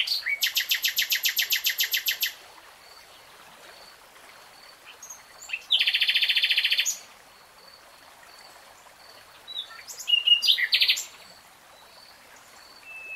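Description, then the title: Nightingale song with a long machine-gun trill of loud repeated notes, a dense rattling burst, then a short jumble of sharp notes. Singing in real time. "[Tiếng chim hót] Nightingale Singing"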